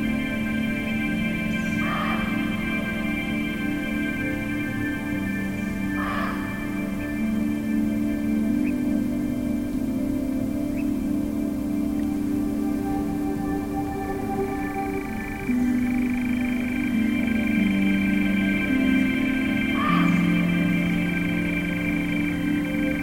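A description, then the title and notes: Short, sharp muntjac barks ring out three times, near the start, around six seconds and again near twenty. Beneath them runs a steady, low humming drone of layered tones that slowly shift pitch, growing slightly louder from about fifteen seconds. Nightjars and muntjacs recorded at Broadland Country Park, near Norwich.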